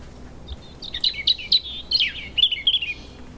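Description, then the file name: European robin song: a quick run of thin, high, liquid warbled notes, varied and tumbling, starting softly then becoming a dense twittering phrase over faint low background hum. "Erithacus rubecula"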